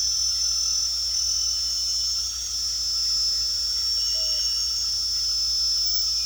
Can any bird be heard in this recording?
no